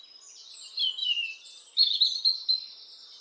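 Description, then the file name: European robin singing a brief, high, liquid warble with thin drawn-out notes and quick twittering. "Erithacus rubecula"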